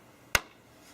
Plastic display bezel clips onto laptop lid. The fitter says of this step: your hand along it and you'll hear all the snap snap in place do the same thing with all the stands that are behind this just